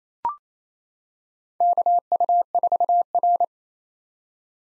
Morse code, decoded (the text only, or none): KU4R